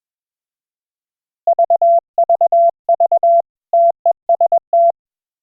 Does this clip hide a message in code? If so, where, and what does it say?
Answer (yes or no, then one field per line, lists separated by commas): yes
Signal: Morse code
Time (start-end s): 1.5-4.9 s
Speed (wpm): 21 wpm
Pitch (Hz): 680 Hz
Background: none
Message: VVV TEST